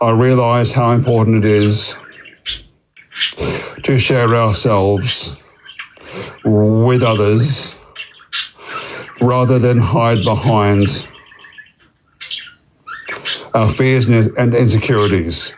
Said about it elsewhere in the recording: As someone who stutters, I spent a lot of time navigating those challenges. I recently attended a Maguire course in Melbourne to work on my speech and take back control.